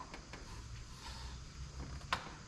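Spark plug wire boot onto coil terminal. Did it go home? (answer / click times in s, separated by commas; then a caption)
yes / 2.1 s. During a spark plug job on a Camaro SS and WS6 Trans Am, a spark plug wire boot is pushed onto the coil terminal at the coil end up top. Two faint ticks at 0.1 and 0.3 s sit over a steady low background, then a sharp, bright click at 2.1 s as the boot seats on the terminal.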